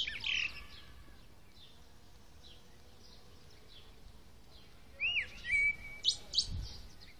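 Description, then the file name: Common blackbird song: a short note at the start, several quieter seconds with only faint notes, then a fluty phrase ending in thin, high squeaky twitters. "Turdus merula"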